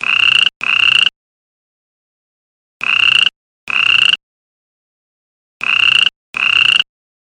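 Toad trilling in short buzzy bursts, each about half a second, given in pairs roughly every three seconds with silence between.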